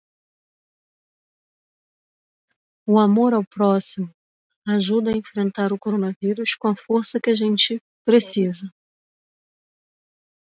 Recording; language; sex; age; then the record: spoken sentence; Brazilian Portuguese; male; 30 to 39 years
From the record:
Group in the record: control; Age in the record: 36 years